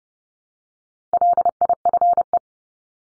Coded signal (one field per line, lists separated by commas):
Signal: Morse code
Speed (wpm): 30 wpm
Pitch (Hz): 700 Hz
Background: none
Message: LIFE